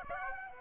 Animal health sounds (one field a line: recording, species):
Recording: mosquito wingbeat signal from an infrared sensor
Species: Aedes aegypti